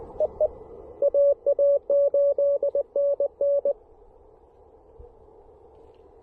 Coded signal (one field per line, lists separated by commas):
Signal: Morse code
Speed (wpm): 20 wpm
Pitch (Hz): 590 Hz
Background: none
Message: EE AA8NN